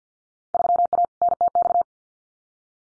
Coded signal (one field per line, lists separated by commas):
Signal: Morse code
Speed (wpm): 50 wpm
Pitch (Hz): 700 Hz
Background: none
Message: 3A NTX